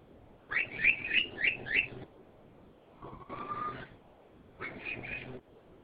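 Bird giving a quick series of four bright chirps, then a short lower whistled note and a final brief pair of chirps.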